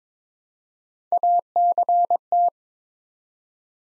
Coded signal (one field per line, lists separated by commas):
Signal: Morse code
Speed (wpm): 22 wpm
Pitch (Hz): 700 Hz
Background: none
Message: ACT